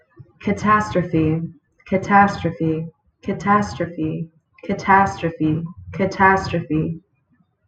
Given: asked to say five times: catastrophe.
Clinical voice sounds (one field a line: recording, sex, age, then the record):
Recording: repeated word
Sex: female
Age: 30 to 39 years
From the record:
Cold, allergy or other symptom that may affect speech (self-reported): no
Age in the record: 30 years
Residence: Oklahoma, United States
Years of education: 13